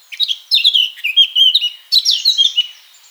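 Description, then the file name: Eurasian blackcap singing a rich, fast warble of varied chattering and fluting notes in two rushed phrases, the second tailing off quietly. "Sylvia atricapilla"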